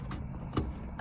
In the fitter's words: click in. It's in place now.